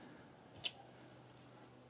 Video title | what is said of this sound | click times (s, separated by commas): 4th Gen 4Runner Touch Screen CarPlay & Android Auto G13 Radio Install ! | right there everything Clicks in place make sure you pull it gently | 0.7 s